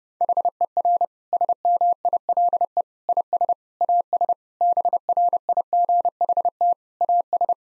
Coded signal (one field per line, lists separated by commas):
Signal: Morse code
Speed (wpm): 30 wpm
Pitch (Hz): 700 Hz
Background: none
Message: HER SMILE IS AS BRIGHT AS